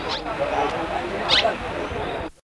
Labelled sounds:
Red-cowled Cardinal call

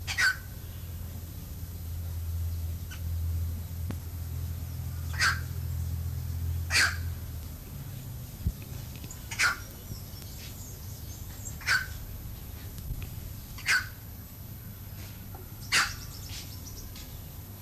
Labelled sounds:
Bare-throated Bellbird call

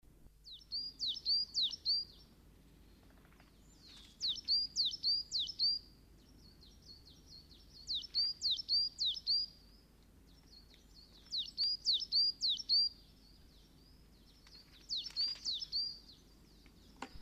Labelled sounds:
Coal Tit song

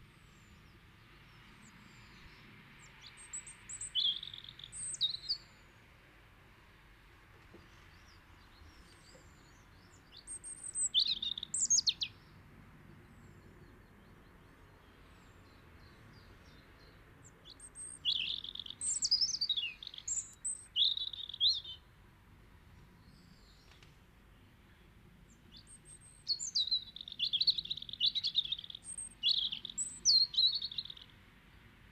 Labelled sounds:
European Robin song

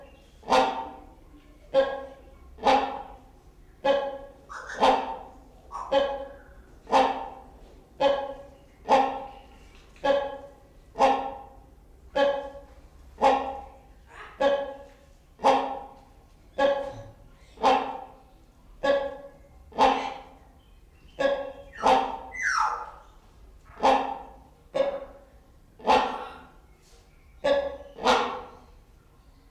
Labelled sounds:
Common Hill Myna

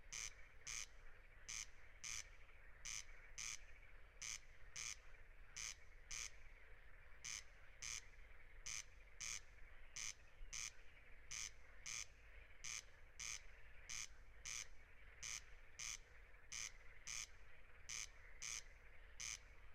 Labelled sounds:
Corn Crake song

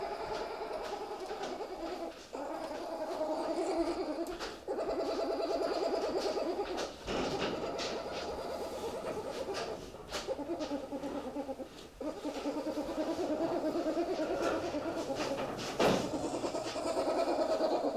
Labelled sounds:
Golden Jackal howling

